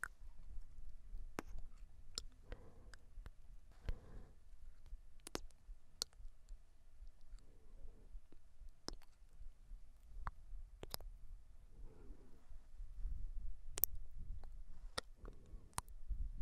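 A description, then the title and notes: Wet mouth sounds: sharp clicks and lip smacks pop out every second or so, some in quick pairs, over a low soft rumble. Brief murmured, chewing-like stretches come and go. ASMR MOUTH SOUNDS IN YOUR EARS.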